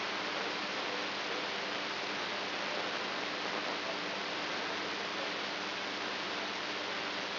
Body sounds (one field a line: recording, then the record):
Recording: brain microelectrode recording played as sound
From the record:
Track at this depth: outside the subthalamic nucleus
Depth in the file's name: 5.512 mm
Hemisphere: right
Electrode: 2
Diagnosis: Parkinson's disease